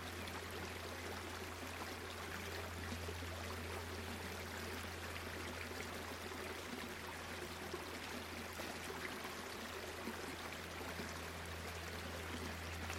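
A gentle river flows steadily, its dense, even rush of water unbroken throughout, with a constant low hum running underneath.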